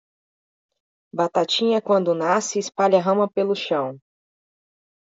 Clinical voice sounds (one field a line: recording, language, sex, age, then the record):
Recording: short text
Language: Brazilian Portuguese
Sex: female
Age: 30 to 39 years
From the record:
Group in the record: control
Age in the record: 33 years